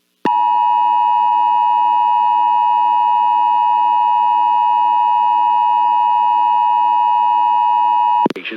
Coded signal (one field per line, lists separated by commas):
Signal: Emergency Alert System (SAME) tones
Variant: 853 and 960 Hz attention tone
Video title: EAS Required Monthly Test New Mexico Statewide +WeatherSTAR4000 (KRMQ-FM)